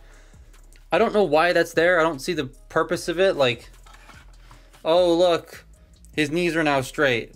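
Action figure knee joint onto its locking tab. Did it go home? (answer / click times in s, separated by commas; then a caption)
no / none. Someone talks while straightening the knees of a plastic Transformers Legacy Ruckus and Bludgeon action figure, trying to seat the knee joints onto their locking tab, with faint handling sounds between phrases. The knees end up straight, but they do not peg into the tab, and nothing seats or clicks.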